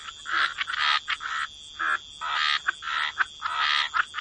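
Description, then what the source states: Frogs croaking in overlapping raspy bursts, uneven rhythm of short and longer notes, with a continuous high hum. Frog chorus.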